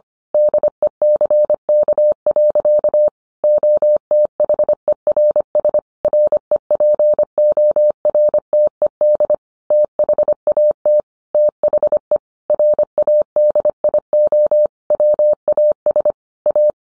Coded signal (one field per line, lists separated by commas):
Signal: Morse code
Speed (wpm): 25 wpm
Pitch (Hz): 600 Hz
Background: none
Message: DECK. OTHERS REPORTED THAT THE RADIO WAS A